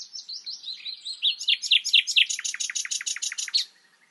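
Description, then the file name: Common nightingale song: varied downslurred notes that speed up into a rapid, loud repeated series before stopping. "Luscinia megarhynchos"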